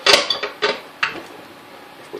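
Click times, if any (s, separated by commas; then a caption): 1.0 s. A bowl-lift lever on a freshly reassembled, powder-coated pastel pink metal KitchenAid KSM5 stand mixer is worked by hand, with a few light metallic clatters and knocks around 0.1–0.7 s. The lever then snaps into its locked position on the mixer body with a sharp click at 1.0 s, followed by quiet.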